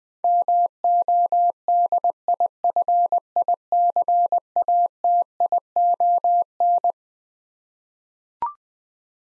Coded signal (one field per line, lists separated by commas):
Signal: Morse code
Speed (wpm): 20 wpm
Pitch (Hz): 700 Hz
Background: none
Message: MODIFICATION